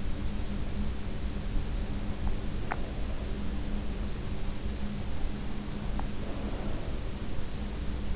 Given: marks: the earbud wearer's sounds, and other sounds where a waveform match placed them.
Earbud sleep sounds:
sounds in sleep by an in-ear microphone; teeth grinding, breath
2.50-2.98 s: teeth grinding
6.15-7.31 s: breath

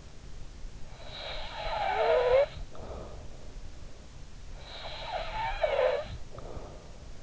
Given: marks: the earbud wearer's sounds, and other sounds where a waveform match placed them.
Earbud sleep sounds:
sounds in sleep by an in-ear microphone; snoring breath
1.01-3.47 s: snoring breath
4.72-7.23 s: snoring breath

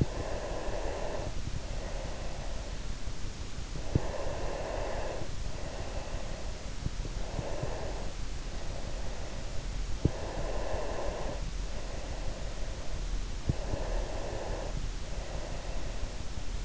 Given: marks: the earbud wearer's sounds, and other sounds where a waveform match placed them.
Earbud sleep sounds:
sounds in sleep by an in-ear microphone; breath
0.00-2.99 s: breath
4.03-6.95 s: breath
7.34-9.68 s: breath
10.00-13.12 s: breath
13.44-16.50 s: breath

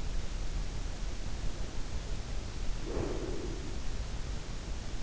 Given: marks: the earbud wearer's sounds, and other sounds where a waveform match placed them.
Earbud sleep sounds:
sounds in sleep by an in-ear microphone; breath
2.67-3.84 s: breath

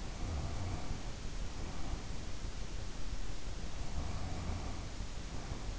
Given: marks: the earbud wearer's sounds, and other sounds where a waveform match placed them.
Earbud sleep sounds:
sounds in sleep by an in-ear microphone; breath
0.12-2.22 s: breath
3.94-5.79 s: breath

